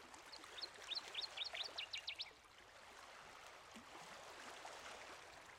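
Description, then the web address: Northern waterthrush song: a quick burst of sharp, ringing notes, then quiet, over a steady wash of running water. "Dan Gibson's Solitudes Nature Trails. Northern Waterthrush"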